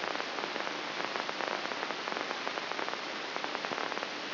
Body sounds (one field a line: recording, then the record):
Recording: brain microelectrode recording played as sound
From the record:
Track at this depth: inside the subthalamic nucleus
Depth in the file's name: 4.663 mm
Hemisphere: left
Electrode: 3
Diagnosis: Parkinson's disease